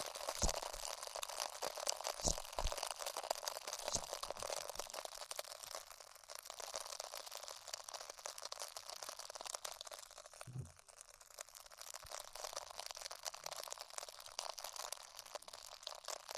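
Ear exploration sounds: a dense, steady crackle and rustle of crinkling and scratching fills the clip, bright and hissy. Soft low thumps land in the first few seconds, around 2 and 4 seconds, and again near 10.5 seconds, with the texture easing slightly in the middle.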